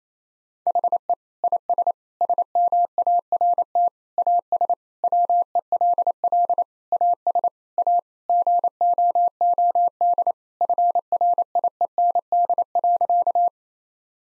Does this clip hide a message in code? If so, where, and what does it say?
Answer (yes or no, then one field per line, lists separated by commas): yes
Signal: Morse code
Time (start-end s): 0.7-13.5 s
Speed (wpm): 28 wpm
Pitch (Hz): 700 Hz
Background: none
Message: HE IS SMART AS WELL AS A GOOD FRIEND.